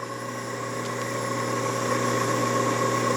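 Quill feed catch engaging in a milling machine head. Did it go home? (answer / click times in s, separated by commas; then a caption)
no / none. A Victor 9×49″ EVS milling machine runs its power down-feed on the quill, giving a steady mechanical hum with strong low tones that slowly grows louder. The metal feed catch (trip) does not engage, and nothing has clicked in, which is put down to gummed-up lubricant.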